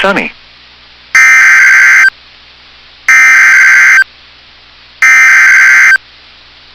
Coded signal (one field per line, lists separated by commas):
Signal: Emergency Alert System (SAME) tones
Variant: header bursts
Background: speech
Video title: [EAS Compilation] Severe Thunderstorm Warnings With on NOAA Weather Radio WXM99 August 28 2022